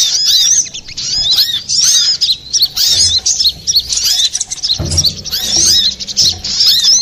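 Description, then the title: Little spiderhunter giving a high, busy chatter of quick slurred notes, steady throughout, with a dull thud near the middle. Masteran training recording for cage birds, labelled Labaik. "Sogok Ontong Labaik"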